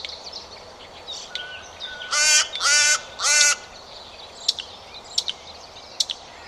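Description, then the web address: Bird calling three loud, grating caws in quick succession, surrounded by scattered high chips and twittering from other small birds. "Bird Only"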